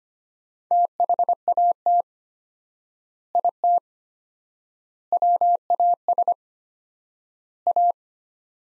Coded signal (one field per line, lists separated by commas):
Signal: Morse code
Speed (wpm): 25 wpm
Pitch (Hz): 700 Hz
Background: none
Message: THAT IT WAS A